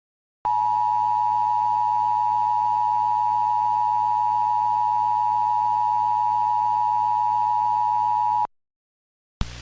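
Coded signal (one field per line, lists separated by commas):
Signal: Emergency Alert System (SAME) tones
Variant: 853 and 960 Hz attention tone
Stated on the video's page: Recreation of an alert.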